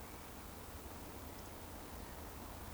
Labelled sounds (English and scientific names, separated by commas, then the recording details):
Eurasian Woodcock (Scolopax rusticola) whistle
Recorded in Baden-Württemberg, Germany, on 25 June 2020 at 19:37 UTC
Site 14569, 102 m above sea level